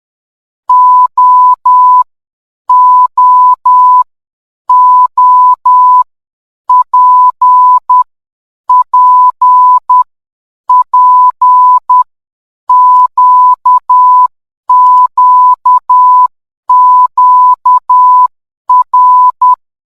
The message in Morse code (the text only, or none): O O O P P P Q Q Q R